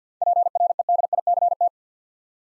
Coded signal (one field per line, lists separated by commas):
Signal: Morse code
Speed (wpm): 52 wpm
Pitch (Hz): 700 Hz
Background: none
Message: PREDICT